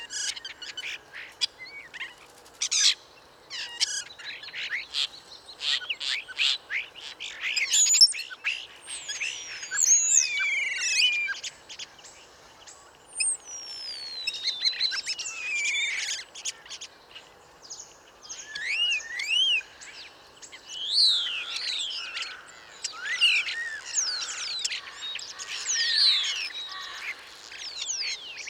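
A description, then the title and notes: Songbirds in the woods at Bois de Vincennes trade dense, overlapping chirps and bright sweeping whistles, with fuller bursts around the middle and end. L'oiseau synthétiseur - Bois de Vincennes. Nagra seven - parabole Wildtronic - mono. Fraîche matinée de brouillard(il fait à peine 8°), depuis plus d'une heure j'avance dans le sous-bois l'oreille aux aguets pour repérer un arbre qui accueille des oiseaux chanteurs. Ce sera un platane d'une bonne vingtaine de mètres, solide et charpenté qui se dresse maintenant devant moi.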